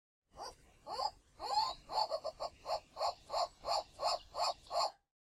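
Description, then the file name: White-cheeked turaco calling, a rapid series of hoarse croaking notes, becoming steady and even after a few irregular opening notes. Captive bird in a bird park, recorded in 2013. "Tauraco leucotis (Weißohrturako - White-cheeked Turaco) — Weltvogelpark Walsrode 2013"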